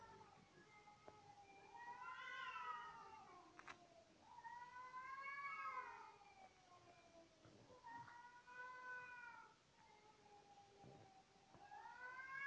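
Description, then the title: Cat meowing in long, drawn-out wails that arch up and fall, several calls in a row with short pauses between them. Cat calling again on the roof of the recordist's house. "貓咪又來我們家的屋頂叫了"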